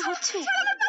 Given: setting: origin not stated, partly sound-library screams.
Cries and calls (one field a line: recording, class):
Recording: one-second piece from a danger detection set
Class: woman in danger